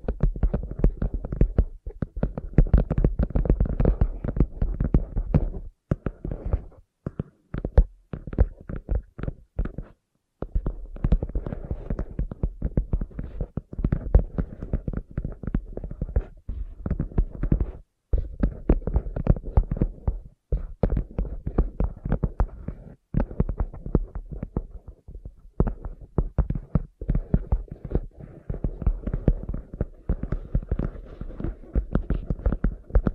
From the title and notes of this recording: Sensitive Tapping.